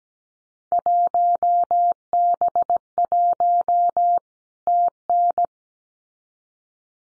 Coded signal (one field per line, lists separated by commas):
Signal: Morse code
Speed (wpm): 17 wpm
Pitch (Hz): 700 Hz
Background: none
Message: 1B1 TN